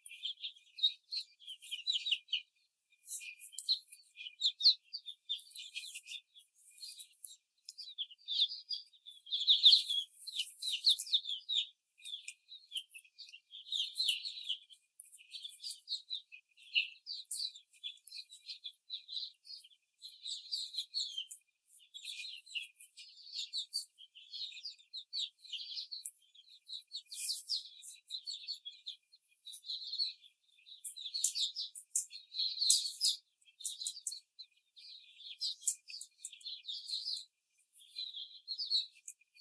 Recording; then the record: young laying hens in a cage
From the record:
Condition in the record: before the stressor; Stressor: simulated dog barking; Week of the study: 4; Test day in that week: 3